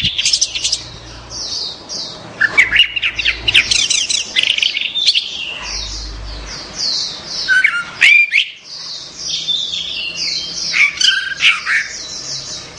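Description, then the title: Orange-headed thrush delivering a dense, rambling song of quick twittering phrases and sliding whistles with brief gaps, a faint low hum underneath. "Anis Merah"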